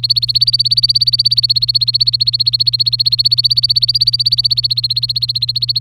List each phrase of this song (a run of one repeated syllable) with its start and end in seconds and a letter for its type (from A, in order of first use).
0.00-5.79 A